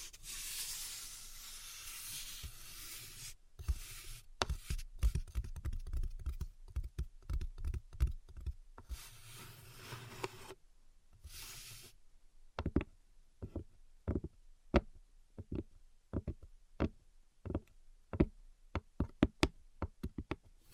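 Tapping and scratching: a steady scratchy rustle for the first few seconds, then dense irregular taps, ending in sparser, sharper clicks after twelve seconds.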